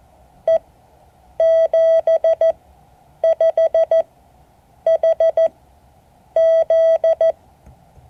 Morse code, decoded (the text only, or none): E 75HZ